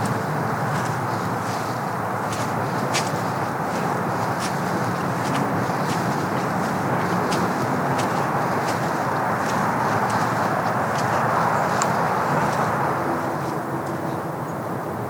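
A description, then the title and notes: A walk along a woodland trail, with crisp crunching footsteps landing every half second or so throughout. Beneath them runs a steady, dense rushing wash, possibly water or traffic, that holds an even level for the whole stretch. Trek over the creek and through the woods (and field) on a simple trail in Wahlfield Park.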